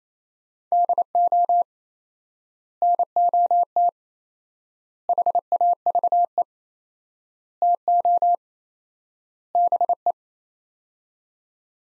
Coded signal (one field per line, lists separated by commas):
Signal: Morse code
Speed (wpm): 27 wpm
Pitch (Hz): 700 Hz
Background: none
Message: DO NOT HAVE TO BE